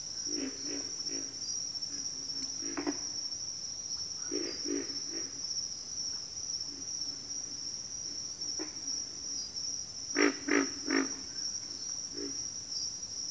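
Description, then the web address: Pig frog grunts, low and rasping, scattered through the recording with a louder burst of three near the end, over dense insect hiss and pulsing. Bayou habitat; more than one frog. "Echoes of Nature - Bayou 02 Pig Frogs"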